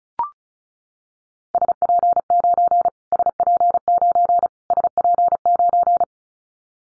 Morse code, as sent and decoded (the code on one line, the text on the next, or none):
... .--. ----. / ... .--. ----. / ... .--. ----.
SP9 SP9 SP9